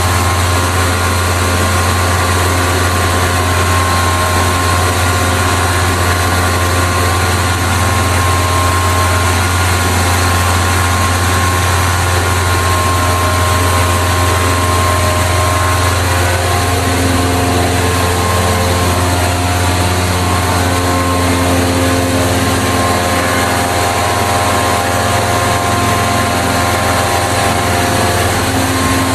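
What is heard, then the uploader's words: Lawn guys at work outside a house in Brooklyn: a small engine drones without pause for the whole half minute, a deep steady rumble under a buzzing whine of stacked tones. Around sixteen seconds a second motor note rises and wavers alongside it. Lawn Guys. Recorded by Dan Bodah outside Dorchminster House, Brooklyn, June 2009.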